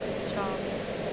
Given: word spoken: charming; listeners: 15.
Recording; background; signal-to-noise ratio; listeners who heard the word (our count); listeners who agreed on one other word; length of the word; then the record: one English word in noise, from a listening test; speech-shaped noise; -5.6 dB; 5 of 15; 7 of 15; 0.74 s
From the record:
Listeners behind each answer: 7, 5, 1, 1, 1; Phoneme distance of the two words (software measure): 14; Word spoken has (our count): 2 syllables, 5 phonemes, stress on syllable 1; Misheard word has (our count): 1 syllable, 3 phonemes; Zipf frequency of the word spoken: 4.30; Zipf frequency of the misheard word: 4.19